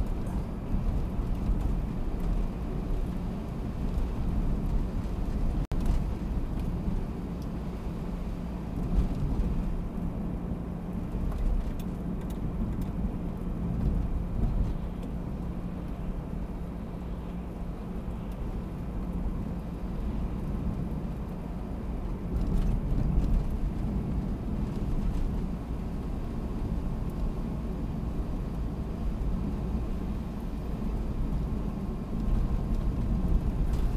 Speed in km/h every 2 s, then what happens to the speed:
58, 58, 57, 57, 57, 58, 55, 56, 57, 57, 55, 54, 53, 51, 52, 53, 52.
0-34 steady at about 56.